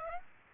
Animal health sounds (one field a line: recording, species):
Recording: mosquito wingbeat signal from an infrared sensor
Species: Aedes aegypti